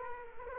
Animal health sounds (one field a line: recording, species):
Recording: mosquito wingbeat signal from an infrared sensor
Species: Culex quinquefasciatus